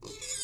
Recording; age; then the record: pig call; weaner (32 to 43 days)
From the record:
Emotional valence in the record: negative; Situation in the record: long isolation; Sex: female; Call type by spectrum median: high-frequency call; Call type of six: mixed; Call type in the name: high-frequency stable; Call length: 0.44 s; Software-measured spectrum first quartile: 2975 Hz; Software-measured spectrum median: 5941 Hz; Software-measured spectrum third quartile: 7637 Hz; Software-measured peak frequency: 6838 Hz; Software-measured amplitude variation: 133 dB a second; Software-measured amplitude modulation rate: 20.6 a second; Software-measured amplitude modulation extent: 6.5 dB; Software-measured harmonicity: 3.9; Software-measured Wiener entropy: -2.07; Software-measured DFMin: 611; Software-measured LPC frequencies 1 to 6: 452, 1578, 2273, 3658, 4965, 6824 Hz